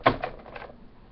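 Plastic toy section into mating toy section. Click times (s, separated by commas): 0.1 s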